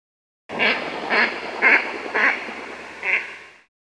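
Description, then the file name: Mallard quacking, five loud, nasal, rasping quacks at an uneven pace over about three seconds. A mallard duck quacking. "Digiffects Sound Effects Library - Mallard Duck Quacking Version 1"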